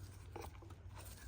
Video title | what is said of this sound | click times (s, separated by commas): 2021 Hyundai Elantra SEL 2.0 Liter Engine NGK SPARK PLUG REPLACEMENT at 96,000 mile SERVICE INTERVAL | so make sure you hear that pop when you put it back in place | 0.4 s